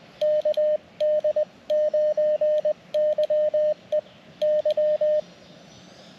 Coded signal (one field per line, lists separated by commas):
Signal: Morse code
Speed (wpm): 20 wpm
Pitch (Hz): 610 Hz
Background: radio noise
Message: KD9YEY